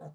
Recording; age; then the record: pig call; piglet (1 to 25 days)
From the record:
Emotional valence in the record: negative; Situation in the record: long isolation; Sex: female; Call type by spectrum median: low-frequency call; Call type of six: low-frequency stable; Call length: 0.14 s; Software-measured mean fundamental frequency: 76 Hz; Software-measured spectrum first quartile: 159 Hz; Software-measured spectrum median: 358 Hz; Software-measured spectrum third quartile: 633 Hz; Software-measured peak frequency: 155 Hz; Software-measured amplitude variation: 105 dB a second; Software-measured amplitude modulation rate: 10.4 a second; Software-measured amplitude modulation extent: 10.1 dB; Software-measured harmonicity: 3.5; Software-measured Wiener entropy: -0.27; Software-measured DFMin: 980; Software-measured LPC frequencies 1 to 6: 665, 1552, 3857, 6102, 6819, 7362 Hz